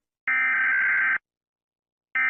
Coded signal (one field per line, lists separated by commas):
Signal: Emergency Alert System (SAME) tones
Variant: header bursts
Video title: Eas Alarm Part 2